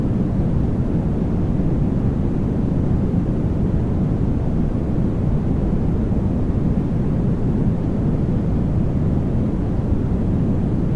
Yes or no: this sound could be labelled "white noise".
yes